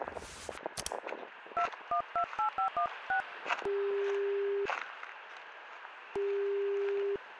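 A quick run of about nine beeping dual-pitched keypad tones dials a number, then a steady, mid-pitched ringing tone sounds twice, each lasting about a second with a pause between.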